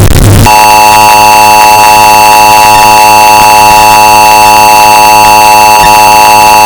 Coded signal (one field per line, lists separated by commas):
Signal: Emergency Alert System (SAME) tones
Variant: 853 and 960 Hz attention tone